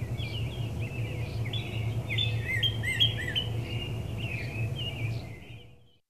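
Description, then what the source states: Birds chirping, a dense run of quick high chirps and short twittering phrases over a steady low hum, fading out near the end. Recorded in an urban area.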